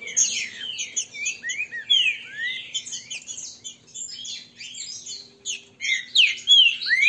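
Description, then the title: Green-winged saltator song: dense, rapid warbled and slurred notes, many rising and falling sweeps, overlapping in a near-continuous stream with brief pauses; faint low hum beneath. Male singing in a territorial, macho manner ('macheando'). "Canto De Trinca Ferro. TRINCA FERRO cantando e macheando"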